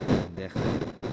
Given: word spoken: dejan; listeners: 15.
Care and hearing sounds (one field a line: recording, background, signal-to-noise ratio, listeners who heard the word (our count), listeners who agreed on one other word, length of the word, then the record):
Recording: one Spanish word in noise, from a listening test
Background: noise modulated by one talker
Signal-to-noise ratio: -10.2 dB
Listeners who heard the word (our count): 0 of 15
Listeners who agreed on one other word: 6 of 15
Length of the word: 0.73 s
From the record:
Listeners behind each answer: 6, 3, 2, 2, 1, 1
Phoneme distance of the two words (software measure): 7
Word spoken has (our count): 2 syllables, 5 phonemes, stress on syllable 1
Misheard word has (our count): 2 syllables, 4 phonemes, stress on syllable 1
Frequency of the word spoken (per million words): 38.28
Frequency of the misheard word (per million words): 116.92